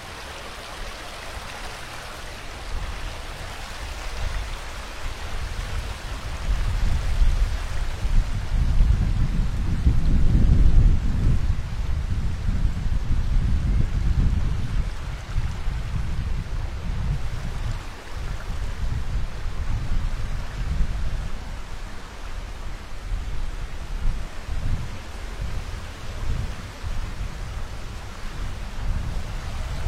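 A walk along a forest path with the sound of water and wind. A steady, dense rushing hiss fills the whole clip, with a deeper rumble swelling around ten to fifteen seconds before settling back to a fairly even wash.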